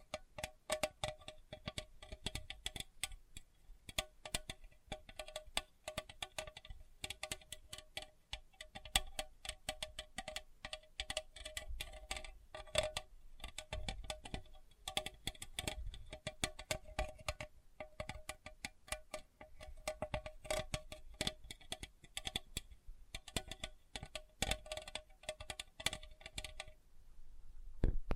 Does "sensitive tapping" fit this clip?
yes